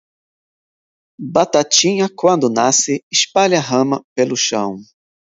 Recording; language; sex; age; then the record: short text; Brazilian Portuguese; female; 40 to 49 years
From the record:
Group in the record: control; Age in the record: 41 years